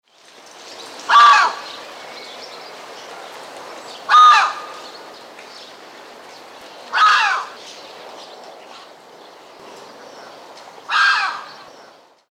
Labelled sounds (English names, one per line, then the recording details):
Bateleur
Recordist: Tembrock, Günter
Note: Rufe